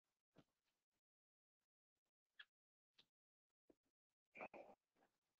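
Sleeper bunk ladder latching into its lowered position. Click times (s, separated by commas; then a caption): 4.5 s. Two thumb switches are pressed on a truck sleeper bunk ladder, and the ladder is lowered slowly, giving scattered soft knocks and scrapes with a sharp tick at 2.4 s. A louder broadband clunk follows as the ladder latches into its lowered position, clicking into place at 4.5 s.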